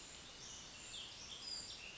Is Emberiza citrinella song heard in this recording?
no